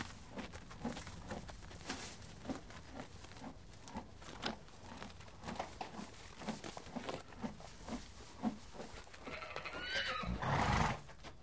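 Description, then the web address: Horse chewing with steady crunching and clicking, ending with a loud breathy snort near the end. "le belement des moutons le machonnement des chevaux le reniflement des chevaux"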